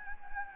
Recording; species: mosquito wingbeat signal from an infrared sensor; Anopheles gambiae